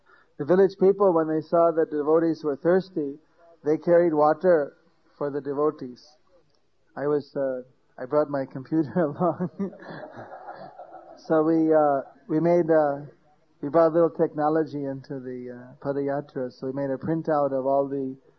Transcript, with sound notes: The village people when they saw that the devotees were thirsty, they carried water for the devotees. I was uh, I brought my computer along, (laugter) so we uh, we made uh… we brought a little technology into the padayatra, so we made a printout of all the